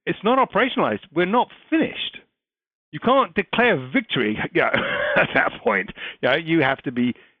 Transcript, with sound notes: it’s not operationalized. We’re not finished. You can’t declare victory [laugh] at that point. You have to be